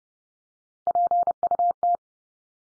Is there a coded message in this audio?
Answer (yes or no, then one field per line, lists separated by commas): yes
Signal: Morse code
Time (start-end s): 0.9-2.0 s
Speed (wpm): 30 wpm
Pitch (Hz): 700 Hz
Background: none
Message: PUT